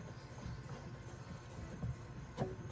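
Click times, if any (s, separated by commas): none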